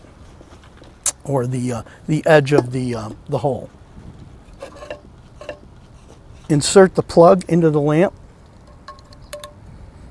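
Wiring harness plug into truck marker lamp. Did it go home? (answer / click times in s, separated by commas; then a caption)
yes / 9.3 s. Someone talks while a wiring harness plug is pushed into the back of a grommet-mounted truck marker lamp, before the lamp is fitted into the grommet. A few small taps follow, then a sharp click at 9.3 s as the plug seats fully into the lamp.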